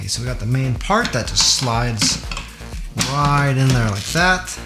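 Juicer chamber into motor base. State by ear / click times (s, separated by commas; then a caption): not seated / none. The main juicing chamber of a masticating juicer is slid onto its motor base while someone talks. Nothing has seated or clicked yet; the chamber is not yet locked into the base.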